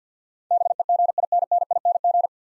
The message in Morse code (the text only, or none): BEGINNING